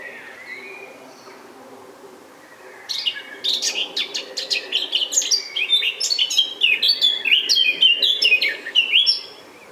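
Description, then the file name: Eurasian blackcap song: near silence with a soft note at first, then a lively stream of quick chattering and fluty notes to the end. "Sylvia atricapilla"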